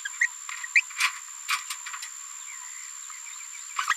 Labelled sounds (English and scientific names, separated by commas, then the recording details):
Green-rumped Parrotlet (Forpus passerinus) babbling
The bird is a female
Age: 27 days
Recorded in a nest box in Venezuela
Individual 17B73B2